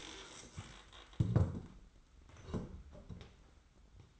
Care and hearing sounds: daily activity, microphone in the room; stand up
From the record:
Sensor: 3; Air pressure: 990.4 hPa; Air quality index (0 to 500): 169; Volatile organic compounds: 1000 ppm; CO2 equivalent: 5459 ppm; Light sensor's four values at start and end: 46/107/44/42 and 45/107/44/42

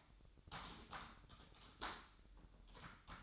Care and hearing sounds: daily activity, microphone in the room; typing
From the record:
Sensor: 3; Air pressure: 1007.6 hPa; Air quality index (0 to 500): 60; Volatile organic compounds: 1 ppm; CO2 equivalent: 611 ppm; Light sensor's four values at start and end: 11/26/11/11 and 11/26/11/11

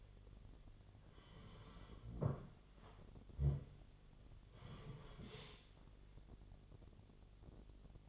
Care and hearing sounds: daily activity, microphone in the room; sit down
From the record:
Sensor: 4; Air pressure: 1008.7 hPa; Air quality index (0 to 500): 171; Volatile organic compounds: 5 ppm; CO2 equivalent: 1711 ppm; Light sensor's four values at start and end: 23/72/27/26 and 23/72/27/26

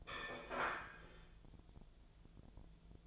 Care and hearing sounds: daily activity, microphone in the room; place plate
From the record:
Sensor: 5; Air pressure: 1009.4 hPa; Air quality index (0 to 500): 167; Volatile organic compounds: 4 ppm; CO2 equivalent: 1621 ppm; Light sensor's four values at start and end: 94/252/102/108 and 94/251/102/107

